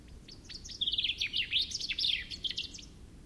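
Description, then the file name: Common chaffinch song: a fast, bright trill of sharp notes that runs about a second and a half, then drops to a lower ending, over a soft low rumble. "Fringilla coelebs"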